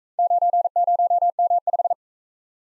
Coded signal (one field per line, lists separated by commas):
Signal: Morse code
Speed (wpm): 44 wpm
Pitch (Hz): 700 Hz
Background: none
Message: 90M5